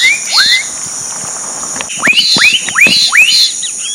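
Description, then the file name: Black-capped donacobius calling with upslurred whistles, a couple early then a fast run of four or five, against constant high-pitched insect buzzing. Recorded at Sertão, Mongaguá, São Paulo, Brazil, on 27 December 2016. "Donacobius-atricapilla-Sertao Mongagua-SP-27-12-16-ASilveira"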